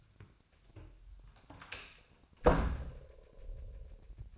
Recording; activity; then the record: daily activity, microphone in the room; close door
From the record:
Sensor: 2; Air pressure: 1007.1 hPa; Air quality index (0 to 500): 191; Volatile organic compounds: 12 ppm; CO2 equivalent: 2339 ppm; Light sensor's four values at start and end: 10/24/10/10 and 10/23/10/10